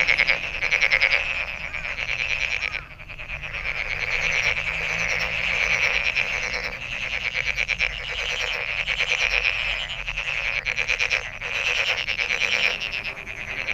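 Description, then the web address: Many frogs croaking together, a continuous rattling chorus of quick pulses with slight rises and dips in loudness. Recorded 23 May 2008. "misc sound frog frog 20080523"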